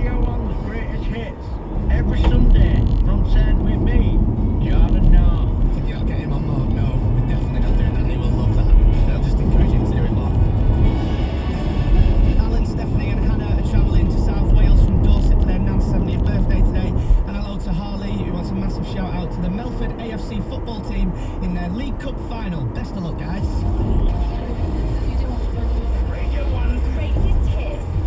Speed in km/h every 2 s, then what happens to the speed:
74, 68, 64, 68, 72, 74, 69, 74, 74, 69, 79, 77, 74, 74.
0-3 slows to 64. 3-9 speeds up to 74.